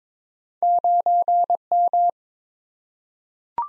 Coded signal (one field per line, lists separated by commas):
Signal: Morse code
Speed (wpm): 22 wpm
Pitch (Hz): 700 Hz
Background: none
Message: 9M